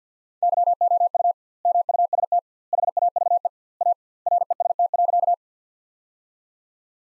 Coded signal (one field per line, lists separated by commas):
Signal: Morse code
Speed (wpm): 50 wpm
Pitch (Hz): 700 Hz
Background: none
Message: YOU MUST HAVE A REST.